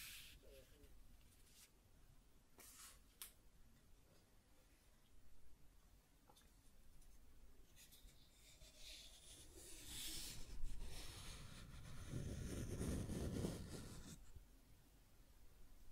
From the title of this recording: Scratching and Tracing Sounds